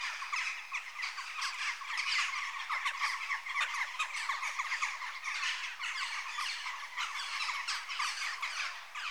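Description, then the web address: Western jackdaw flock calling, a dense continuous mass of short harsh chattering notes with no clear pauses throughout. Adult birds. "BBC Sound Effects Library Birds Jackdaw (Corvus Monedula) Adults"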